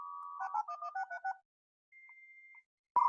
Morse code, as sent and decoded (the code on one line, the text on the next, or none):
none